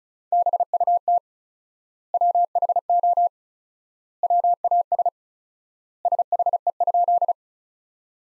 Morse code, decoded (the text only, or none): BUT WHO WAS SHE?